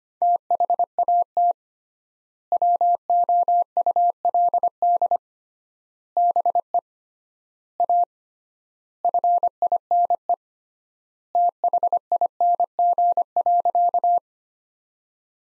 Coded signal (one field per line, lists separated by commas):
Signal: Morse code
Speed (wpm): 25 wpm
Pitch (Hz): 700 Hz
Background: none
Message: THAT WOULD BE A FINE THING.